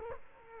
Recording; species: mosquito wingbeat signal from an infrared sensor; Culex quinquefasciatus